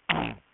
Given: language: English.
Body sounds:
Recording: throat vibration sensor signal played as sound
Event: throat clearing

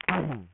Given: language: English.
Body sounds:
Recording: throat vibration sensor signal played as sound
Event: throat clearing

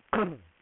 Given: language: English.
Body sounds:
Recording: throat vibration sensor signal played as sound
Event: throat clearing

